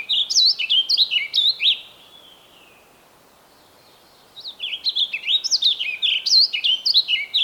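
Bird song in two bursts of quick, high, sweeping whistled notes, the first ending in a soft trailing note, then a pause of about two seconds before another lively phrase.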